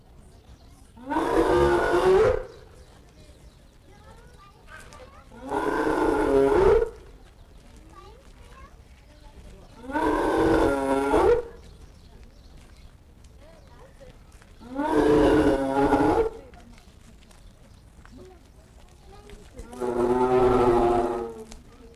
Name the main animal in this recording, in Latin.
Crocuta crocuta